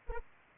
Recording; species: mosquito wingbeat signal from an infrared sensor; Anopheles arabiensis